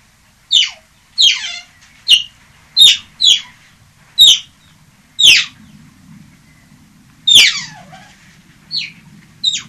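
European otter calling with about ten high, sharp squeaky chirps at irregular intervals, over a faint low rumble.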